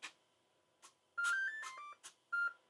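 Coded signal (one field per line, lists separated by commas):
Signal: beep code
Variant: brushless ESC programming tones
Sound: short rising motor-driven beep tones in steps, then one more beep, amid bursts of noise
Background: noise bursts, small room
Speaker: there it is we're in the break mode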